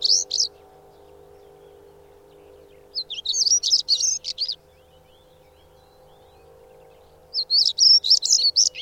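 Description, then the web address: Bird song: bursts of high, rapid twittering notes returning every few seconds over a faint low hum. "madarak enek"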